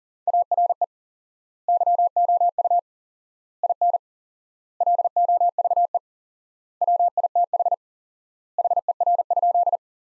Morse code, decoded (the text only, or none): ARE YOU IN LOVE WITH HER?